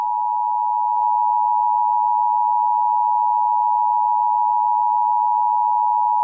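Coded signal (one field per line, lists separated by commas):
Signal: Emergency Alert System (SAME) tones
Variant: 853 and 960 Hz attention tone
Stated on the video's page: Fictional EAS scenario about summer heat, containing both valid and invalid EAS tones.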